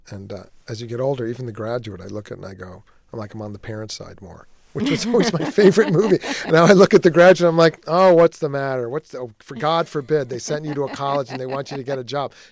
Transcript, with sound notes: And as you get older, even "The Graduate" I look at and I go, like, I'm on the parents' side more, which was my favorite movie.
(LAUGHTER)
Now I look at "The Graduate" and I'm like, oh, what's the matter? What's - oh, god for bid, they sent you to a college and they want you to get a job.